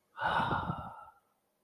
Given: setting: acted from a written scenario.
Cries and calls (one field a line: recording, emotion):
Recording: vocal sound without words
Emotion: serenity